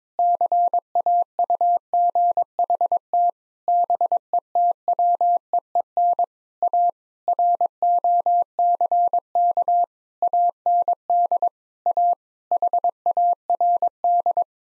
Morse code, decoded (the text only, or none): CAUGHT BETWEEN A ROCK AND A HARD